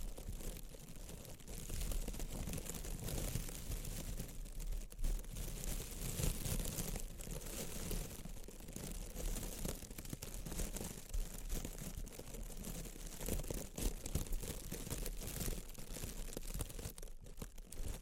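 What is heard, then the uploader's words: Intense close-up crinkling runs continuously for the full length, dense and busy with rapid crackly bursts and no real pauses. The texture is rough and full, with a strong low rumbling body under the bright crackle, and the overall level stays fairly even. ASMR Intense Close-Up Crinkles (No Talking).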